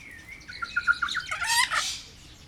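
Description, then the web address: Kea calls: a run of short whistled notes stepping along, then a harsh, buzzy squawk burst near the end. Faint low background rumble. Kea at Jászberény Zoo, 2016. "allathangok jaszberenyizoo 2016 professzionalis kea hosszabbanhallgatozva 03 24"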